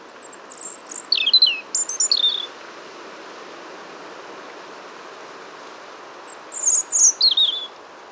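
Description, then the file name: European robin song, brief tinkling phrases of high falling notes at the start and end, with a constant rushing background noise. "Erithacus rubecula"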